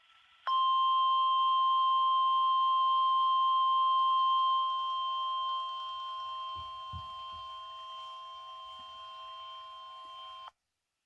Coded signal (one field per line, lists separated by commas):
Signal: Emergency Alert System (SAME) tones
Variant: 1050 Hz attention tone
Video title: EAS 60 - Special Marine Warning Mobile AL